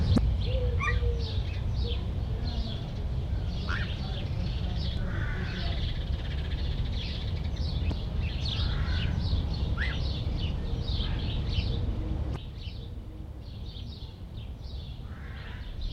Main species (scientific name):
Harpia harpyja